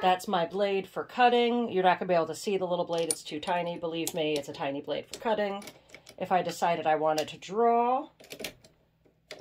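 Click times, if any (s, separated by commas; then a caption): 9.3 s. A drawing pen is pushed into the tool clamp of a Cricut vinyl cutting machine in place of the cutting blade while someone talks. After the speech, a soft tap comes near 8.7 seconds, then a sharp click at 9.3 seconds as the pen seats in the clamp.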